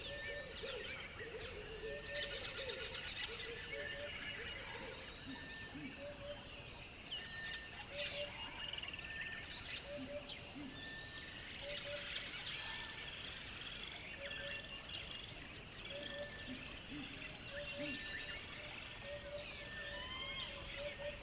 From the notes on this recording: the playful chirps of exotic birds, gentle hippos in the water, and the distant roar of a mighty lion